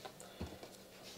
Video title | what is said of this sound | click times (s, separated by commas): Operating your TV | you want to fold it until you hear the click and then just kind of give it a tug to make sure that it's actually locked on there | 0.2 s